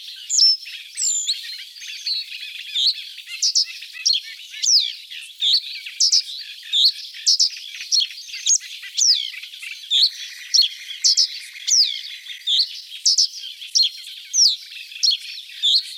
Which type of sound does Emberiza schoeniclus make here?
song